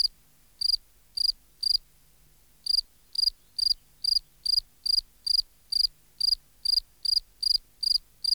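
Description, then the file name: Field cricket chirping: high pulsed chirps in a steady rhythm, a brief gap of about a second early on, then regular chirps continue. "Gryllus campestris"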